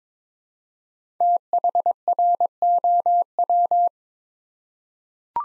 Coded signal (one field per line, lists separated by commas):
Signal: Morse code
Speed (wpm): 22 wpm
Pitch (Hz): 700 Hz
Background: none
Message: THROW